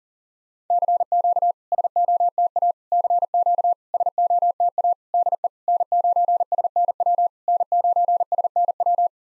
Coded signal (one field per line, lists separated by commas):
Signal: Morse code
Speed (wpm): 44 wpm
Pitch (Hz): 700 Hz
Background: none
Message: CQ SOTA CQ SOTA DE N9SNW N9SNW